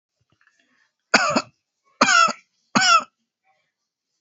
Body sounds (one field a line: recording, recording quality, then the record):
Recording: shallow voluntary cough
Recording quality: excellent, no background noise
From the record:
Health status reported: healthy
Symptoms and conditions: none ticked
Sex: male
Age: 30 years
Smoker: not ticked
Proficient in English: yes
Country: India